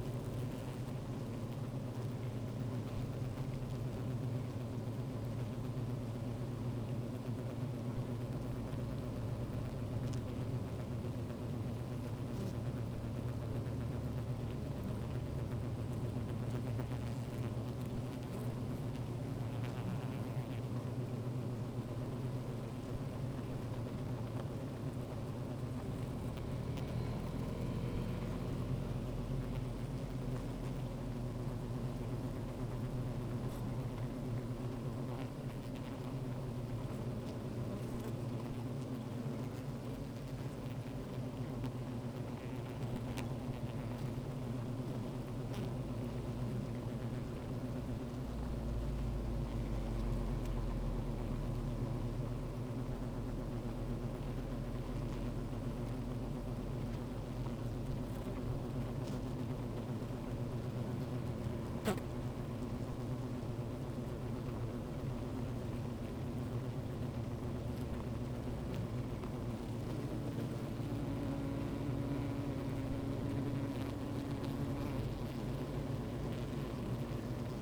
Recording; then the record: honeybee colony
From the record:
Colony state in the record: active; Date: 28 July 2017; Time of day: 15:33